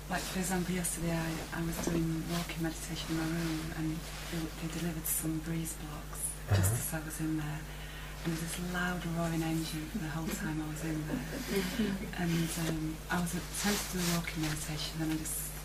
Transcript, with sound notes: Like, for example, yesterday I was doing the walking meditation in my room, and Phil delivered some breeze blocks just as I was in there, and there was this loud, roaring engine the whole time I was in there. [laughter] And I was attempting the walking meditation, and then I just